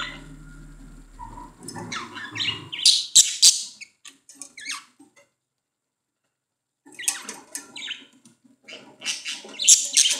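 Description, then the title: Budgerigar giving harsh, hissy chatter in two bursts separated by a silent gap, with a low hum at the start. "Budgie Sounds"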